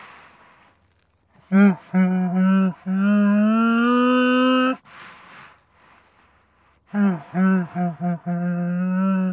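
Camel bellowing calls: a short stuttering series, then a long drawn groan rising slightly in pitch, and later another broken run of moaning grunts.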